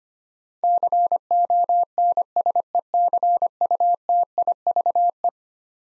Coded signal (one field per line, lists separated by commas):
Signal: Morse code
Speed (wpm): 25 wpm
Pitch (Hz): 700 Hz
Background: none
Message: CONSECUTIVE